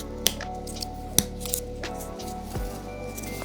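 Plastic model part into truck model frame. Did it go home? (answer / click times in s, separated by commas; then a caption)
yes / 0.3 s, 1.2 s. A plastic snap-fit part from a scale truck model kit is pressed into the truck model frame with extra force, without glue. Two sharp, loud clicks sound at 0.3 s and 1.2 s over a steady tonal background. The part is seated.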